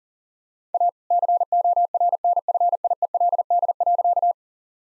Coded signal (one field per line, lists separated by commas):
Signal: Morse code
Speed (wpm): 37 wpm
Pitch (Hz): 700 Hz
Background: none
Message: A CORNFIELD.